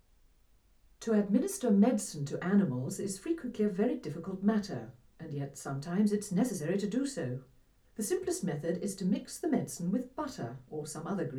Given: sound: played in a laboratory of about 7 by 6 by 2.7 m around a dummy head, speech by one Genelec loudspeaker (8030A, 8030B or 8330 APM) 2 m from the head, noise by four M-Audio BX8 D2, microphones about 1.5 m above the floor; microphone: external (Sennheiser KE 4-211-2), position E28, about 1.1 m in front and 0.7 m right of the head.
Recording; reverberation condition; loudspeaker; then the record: female speech in English; low; 120 degrees to the right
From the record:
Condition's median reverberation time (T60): about 310 ms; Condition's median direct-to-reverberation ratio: about 3.5 dB